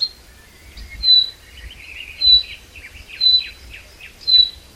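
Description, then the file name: Common chaffinch call notes: a few clear, high, clipped notes about a second apart over faint twitters. "Fringilla coelebs"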